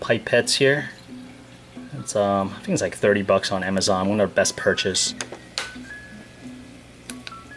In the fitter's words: oh i actually have a really nice click this time